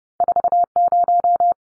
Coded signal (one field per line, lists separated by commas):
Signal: Morse code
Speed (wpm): 30 wpm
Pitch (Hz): 700 Hz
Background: none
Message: 40